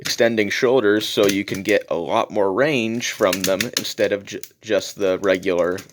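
Someone talks throughout while handling the plastic extending shoulder joint of a Transformers 20th Anniversary MP-01 transforming robot action figure, pulling it outward toward its extended position for more arm range. Nothing has seated or clicked yet.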